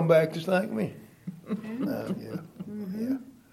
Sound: laughter

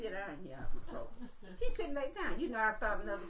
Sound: laughter

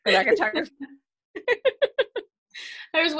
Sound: laughter

